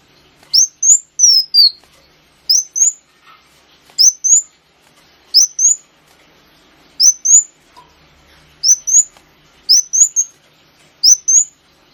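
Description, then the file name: Sunbird song: short pairs of sharp, high chirps with a slight upward flick, repeated at intervals against near silence. Kolibri wulung, lure recording (pancingan). "suara burung kolibri wulung pancingan"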